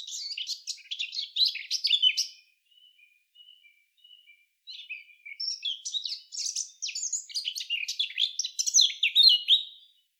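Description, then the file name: Eurasian blackcap song: rapid, scratchy high warbling phrases, a pause with a few faint soft notes, then a longer burst of varied chattering warbles. "Sylvia atricapilla"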